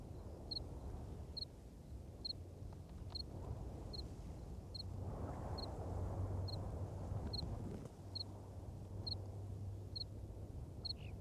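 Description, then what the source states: Cricket giving brief high chirps at an even pace, roughly every second, while gusty wind roars underneath. Recorded in strong wind, with the cricket clearly marked.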